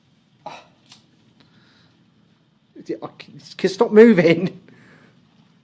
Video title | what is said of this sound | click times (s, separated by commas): Wayfayrer camping food & the Jetboil - Ready Meal Reviews | Does it lock in place? Yes. | 0.5 s